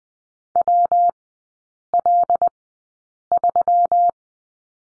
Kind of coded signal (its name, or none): Morse code